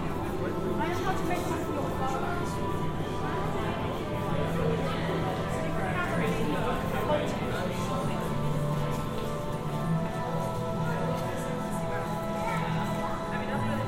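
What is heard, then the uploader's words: A busy public space, with overlapping voices chattering steadily throughout. Footsteps or hoof-like clip-clops knock along, low hums and tonal bands sit underneath, and the overall level stays even for the whole stretch. Moving in and out of public spaces. A sound collage of binaural field recordings.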